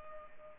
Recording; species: mosquito wingbeat signal from an infrared sensor; Culex pipiens